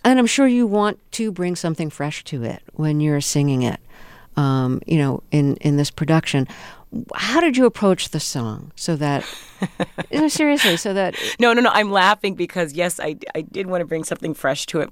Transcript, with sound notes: And I'm sure you want to bring something fresh to it when you're singing it, you know, in this production. How did you approach the song so that...
(LAUGHTER)
...you know, seriously, so that...
No. No. No. I'm laughing because, yes, I did want to bring something fresh to it.